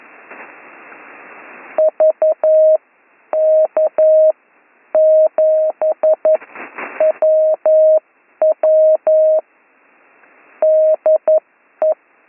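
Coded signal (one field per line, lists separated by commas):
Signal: Morse code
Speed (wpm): 11 wpm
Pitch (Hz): 630 Hz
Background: none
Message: VK7WW DE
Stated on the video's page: Slow Morse code course lesson, week 9.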